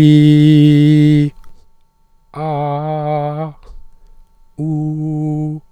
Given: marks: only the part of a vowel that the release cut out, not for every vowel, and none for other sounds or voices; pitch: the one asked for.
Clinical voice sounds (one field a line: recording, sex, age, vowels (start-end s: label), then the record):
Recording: sustained vowels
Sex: male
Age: 20 to 29 years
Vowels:
0.21-1.19 s: vowel /i/, high pitch
2.42-3.40 s: vowel /a/, high pitch
4.62-5.50 s: vowel /u/, high pitch
From the record:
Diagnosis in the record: healthy voice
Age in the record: 24 years